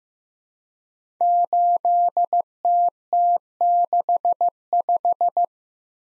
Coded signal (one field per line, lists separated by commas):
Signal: Morse code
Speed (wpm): 15 wpm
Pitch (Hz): 700 Hz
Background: none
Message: 8TT65